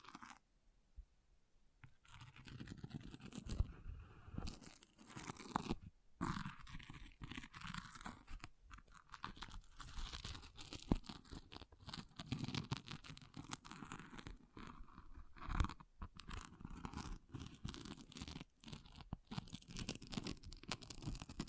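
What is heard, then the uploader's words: An object scratching, in dense, irregular crunchy bursts with brief pauses, starting after a quiet first two seconds and continuing unevenly throughout. ASMR Brain Melting Object Scratching (No Talking).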